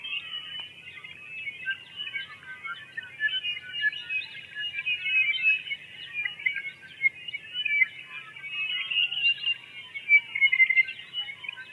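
Tawny-crowned Honeyeater: a steady chatter of high twittering and chirping notes throughout.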